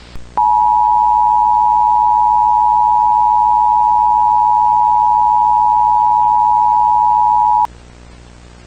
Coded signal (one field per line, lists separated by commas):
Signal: Emergency Alert System (SAME) tones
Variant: 853 and 960 Hz attention tone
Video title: EAS Scenario: The Nuclear Infection - Infected Rise